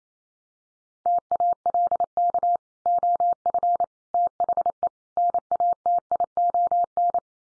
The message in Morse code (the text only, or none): TALK OF THE NATION